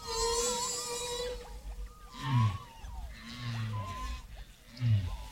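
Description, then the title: Whale song: a long high tonal note, then deep grunting moans and warbling mid-pitched sweeps recurring every few seconds. Whale sounds used as greetings on the Voyager I and II records, placed after the UN greetings. "Sonidos Voyager. UN Greetings. Whale Greetings"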